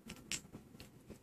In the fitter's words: there we are you hear that click yeah I heard that click and that's it we're definit I could let go of it now wow